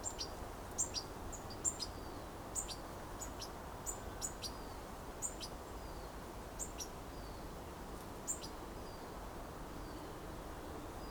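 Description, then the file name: European goldfinch calls, short high twittering notes repeated irregularly over a steady hiss of background noise. "Carduelis carduelis"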